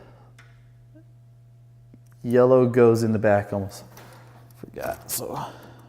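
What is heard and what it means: A technician handles the yellow and red colour-coded plastic wire connectors that push into their mating sockets on the new heat exchanger assembly of a water heater/boiler. There are a few faint ticks and a man talks over a steady low hum. Nothing has seated or clicked yet.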